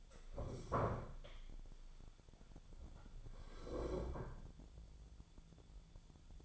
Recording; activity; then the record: daily activity, microphone in the room; stand up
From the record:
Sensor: 5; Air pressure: 1015.4 hPa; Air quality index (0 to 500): 177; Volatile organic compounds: 6 ppm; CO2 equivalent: 1923 ppm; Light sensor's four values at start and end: 37/84/34/33 and 37/84/34/33